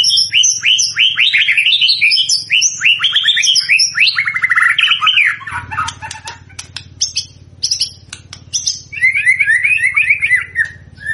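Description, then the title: White-rumped shama song: rapid repeated rising whistled notes in a tumbling series, a pause of sharp clicks and short notes, then another fast run of whistles. Used as a lure recording to make shamas respond; described as gacor, meaning singing vigorously and continuously. "PANCINGAN MEWAH MURAI BATU GACOR, SEKALI DENGAR AMPUH LANGSUNG RESPON"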